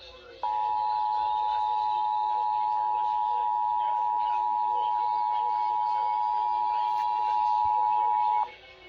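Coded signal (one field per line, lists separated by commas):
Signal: Emergency Alert System (SAME) tones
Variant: 853 and 960 Hz attention tone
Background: speech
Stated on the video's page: IPAWS weekly test relayed through a Sage EAS Endec and a TFT EAS 911 unit, which now auto-forwards automatically.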